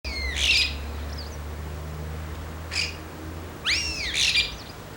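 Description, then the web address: Common starling song: short sliding whistles mixed with harsh rattling bursts, given in three brief phrases over a steady low hum. "canto dello storno"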